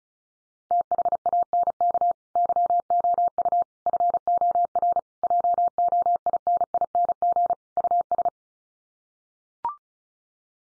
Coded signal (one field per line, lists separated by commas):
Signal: Morse code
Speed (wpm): 34 wpm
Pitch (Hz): 700 Hz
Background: none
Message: THANK YOU FOR JOINING US